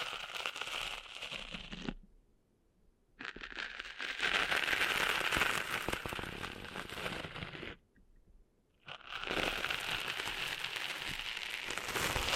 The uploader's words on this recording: ASMR Cleaning Sand Out of Your Ears (No Talking).